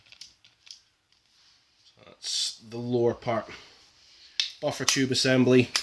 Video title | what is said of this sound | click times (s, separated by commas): Tippmann M4: 100,000 bb's torture test results | If that's pushed in, it doesn't move, and you'll hear it click, click. | 0.2 s, 0.7 s